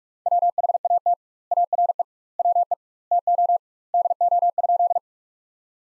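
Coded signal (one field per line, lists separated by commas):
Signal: Morse code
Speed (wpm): 46 wpm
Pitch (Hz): 700 Hz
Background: none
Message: WHAT ARE WE TO DO?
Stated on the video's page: Morse practice sentences built from the top 100 words at 45 wpm with twice the standard word spacing, a word-based Farnsworth-like method.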